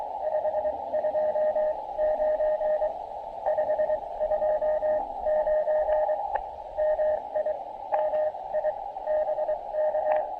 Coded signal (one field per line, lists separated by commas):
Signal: Morse code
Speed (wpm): 21 wpm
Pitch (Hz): 590 Hz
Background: radio noise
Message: 529 529 MI MI BK